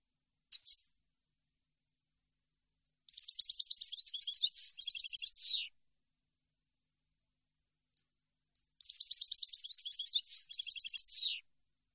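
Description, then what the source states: Goldfinch song in short bursts: a brief note, then two rapid twittering phrases several seconds apart, each closing on a falling buzz, with silence between. Clean goldfinch song meant for birds to copy, for song training.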